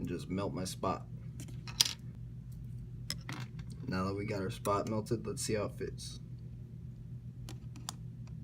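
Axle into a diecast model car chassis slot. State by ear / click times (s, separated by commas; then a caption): not seated / none. A custom metal axle is handled at a heat-melted slot in a diecast model car's plastic base while someone talks, with a few sharp small ticks and taps from handling the parts. Nothing has seated or clicked yet; the axle is not yet pressed home into the chassis slot.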